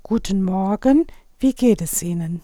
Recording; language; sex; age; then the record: spoken sentence; German; female; 50 to 59 years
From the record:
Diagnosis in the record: recurrent laryngeal nerve paralysis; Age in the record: 50 years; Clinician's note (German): Frische strumiprive links, ohne Kompensation